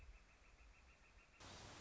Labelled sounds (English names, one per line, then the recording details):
Northern Flicker
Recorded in Sonoma County, California